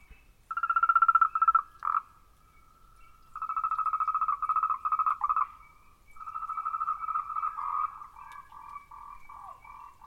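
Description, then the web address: Frog calls, rapid pulsed trilling croaks in bursts of a few seconds, with a quieter steady trill between. Recorded 14 March 2023. "frog rec 140323"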